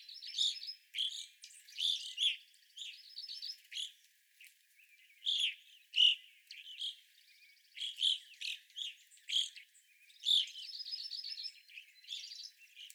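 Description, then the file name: Evening grosbeaks calling, a flock giving short burry chirps in bursts, several birds overlapping at times. Several birds recorded on 25 April 2021. "2021-04-25 Evening Grosbeaks"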